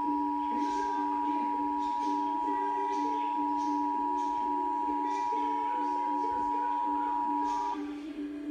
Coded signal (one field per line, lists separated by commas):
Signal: Emergency Alert System (SAME) tones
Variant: 853 and 960 Hz attention tone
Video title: EAS #280 Required Monthly Test